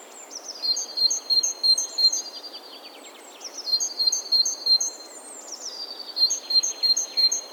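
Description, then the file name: Great tit repeating bursts of high notes alternating between two pitches, three bursts in all. "Parus major"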